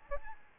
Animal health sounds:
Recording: mosquito wingbeat signal from an infrared sensor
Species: Aedes albopictus

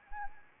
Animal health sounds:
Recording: mosquito wingbeat signal from an infrared sensor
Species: Anopheles arabiensis

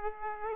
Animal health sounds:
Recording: mosquito wingbeat signal from an infrared sensor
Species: Aedes aegypti

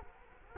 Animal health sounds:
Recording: mosquito wingbeat signal from an infrared sensor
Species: Culex quinquefasciatus

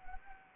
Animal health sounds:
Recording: mosquito wingbeat signal from an infrared sensor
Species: Anopheles gambiae

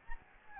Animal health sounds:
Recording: mosquito wingbeat signal from an infrared sensor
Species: Anopheles gambiae

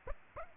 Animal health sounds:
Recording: mosquito wingbeat signal from an infrared sensor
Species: Aedes aegypti

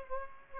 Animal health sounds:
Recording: mosquito wingbeat signal from an infrared sensor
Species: Aedes aegypti

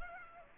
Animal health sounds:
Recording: mosquito wingbeat signal from an infrared sensor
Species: Culex pipiens

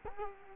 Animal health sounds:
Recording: mosquito wingbeat signal from an infrared sensor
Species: Culex quinquefasciatus

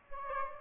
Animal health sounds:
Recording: mosquito wingbeat signal from an infrared sensor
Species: Aedes aegypti

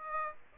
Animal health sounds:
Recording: mosquito wingbeat signal from an infrared sensor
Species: Aedes aegypti

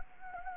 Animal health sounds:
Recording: mosquito wingbeat signal from an infrared sensor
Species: Anopheles gambiae

